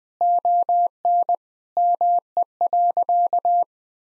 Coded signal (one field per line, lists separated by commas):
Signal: Morse code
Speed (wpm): 21 wpm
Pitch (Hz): 700 Hz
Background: none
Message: ON ME.